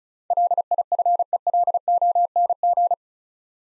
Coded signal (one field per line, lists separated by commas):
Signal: Morse code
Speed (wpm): 34 wpm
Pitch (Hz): 700 Hz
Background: none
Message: LIFELONG